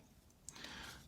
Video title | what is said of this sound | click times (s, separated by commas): Apple Watch Series 6 Blue Aluminium Unboxing & First Impressions | which means it will stay nice and sturdy so just slide this in that's locked into place | 0.5 s